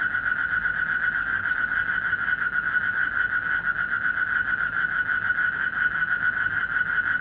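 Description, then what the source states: Frog giving an unbroken pulsed trill that holds an even mid pitch throughout, with a soft low background hum beneath. Recorded in Indonesia in 2012 during travels.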